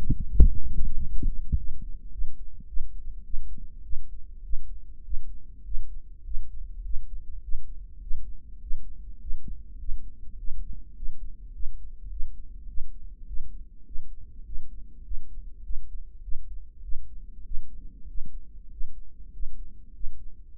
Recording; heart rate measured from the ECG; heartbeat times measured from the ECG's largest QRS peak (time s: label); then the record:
heart sounds by microphone in the right ear; 102 bpm
0.01 s: heartbeat
0.54 s: heartbeat
1.07 s: heartbeat
1.60 s: heartbeat
2.15 s: heartbeat
2.70 s: heartbeat
3.27 s: heartbeat
3.86 s: heartbeat
4.46 s: heartbeat
5.07 s: heartbeat
5.67 s: heartbeat
6.27 s: heartbeat
6.86 s: heartbeat
7.45 s: heartbeat
8.03 s: heartbeat
8.63 s: heartbeat
9.23 s: heartbeat
9.81 s: heartbeat
10.40 s: heartbeat
10.98 s: heartbeat
11.56 s: heartbeat
12.13 s: heartbeat
12.70 s: heartbeat
13.29 s: heartbeat
13.88 s: heartbeat
14.48 s: heartbeat
15.06 s: heartbeat
15.66 s: heartbeat
16.25 s: heartbeat
16.85 s: heartbeat
17.47 s: heartbeat
18.10 s: heartbeat
18.73 s: heartbeat
19.35 s: heartbeat
19.96 s: heartbeat
20.57 s: heartbeat
From the record:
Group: healthy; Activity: rest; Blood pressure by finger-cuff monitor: 175/87 mmHg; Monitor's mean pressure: 114 mmHg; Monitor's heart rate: 101 bpm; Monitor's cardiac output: 8.8 L/min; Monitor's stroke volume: 86 mL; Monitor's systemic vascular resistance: 990 dyn s/cm5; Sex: male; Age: 21 years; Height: 175 cm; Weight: 72.6 kg